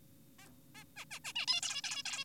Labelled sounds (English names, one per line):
Zebra Finch